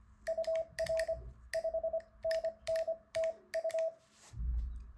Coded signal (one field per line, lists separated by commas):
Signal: Morse code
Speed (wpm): 25 wpm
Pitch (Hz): 650 Hz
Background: none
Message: UR 5NN TU